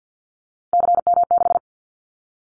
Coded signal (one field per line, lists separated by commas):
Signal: Morse code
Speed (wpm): 49 wpm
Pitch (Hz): 700 Hz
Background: none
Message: CM6